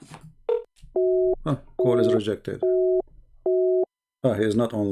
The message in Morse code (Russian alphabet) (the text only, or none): none